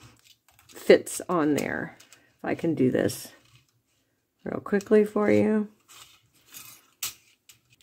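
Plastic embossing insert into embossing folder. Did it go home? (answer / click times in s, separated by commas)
yes / 7.0 s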